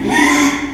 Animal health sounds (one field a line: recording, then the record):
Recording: squeal of a Yucatan mini pig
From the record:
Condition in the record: after surgery on the right vocal fold (resection and tissue-engineered implant)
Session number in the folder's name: 3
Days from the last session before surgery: 33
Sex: male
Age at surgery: 12 weeks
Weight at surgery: 13 kg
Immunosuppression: cyclosporine, prednisolone